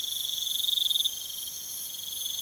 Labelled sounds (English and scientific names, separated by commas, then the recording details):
none
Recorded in pastures near Puerto Asís, Putumayo, Colombia, on 23 June 2025 at 23:30
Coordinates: 0.486, -76.323
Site H29